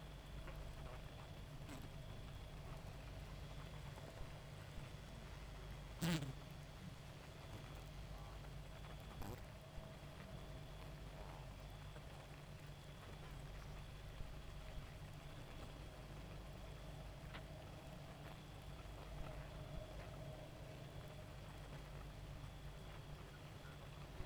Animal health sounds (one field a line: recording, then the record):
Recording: honeybee colony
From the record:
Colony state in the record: active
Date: 28 July 2017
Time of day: 1:12